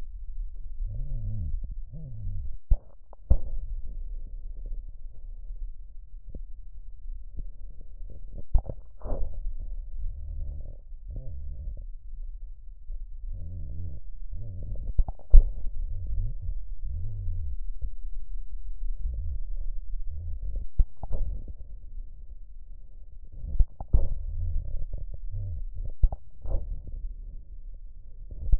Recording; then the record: lung sounds by stethoscope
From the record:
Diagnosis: chronic bronchitis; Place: left posterior upper chest